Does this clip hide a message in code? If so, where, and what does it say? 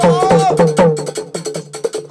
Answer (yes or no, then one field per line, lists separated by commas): no